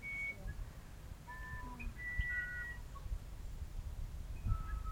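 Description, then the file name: Musician wren song: a series of pure whistled notes at varied pitches, each held briefly, some sliding slightly, over a low steady rumble. "uirapuru"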